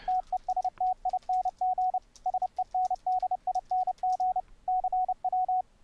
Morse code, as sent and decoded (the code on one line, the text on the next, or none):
- . ... - .. -. --. / ... . -. -.. .. -. --. / -.-. .--
TESTING SENDING CW